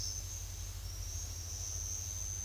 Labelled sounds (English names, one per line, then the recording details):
none
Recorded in secondary vegetation near Puerto Asís, Putumayo, Colombia, on 28 February 2025 at 09:00
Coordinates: 0.500, -76.326
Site GP04